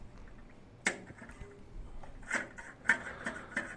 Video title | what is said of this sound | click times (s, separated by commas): Siamp toilet inlet valve broken replacement | it needs to click in place | 0.9 s, 2.9 s